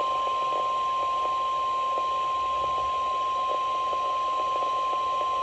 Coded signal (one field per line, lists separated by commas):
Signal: Emergency Alert System (SAME) tones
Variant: 1050 Hz attention tone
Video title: RNK Weekly Test - 6/21/23 - EAS 942